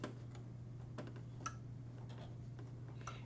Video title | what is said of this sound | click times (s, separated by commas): Janome Horizon Memory Craft 14000: Hands On Review with Alba Fekete | and it just snaps into place | 3.1 s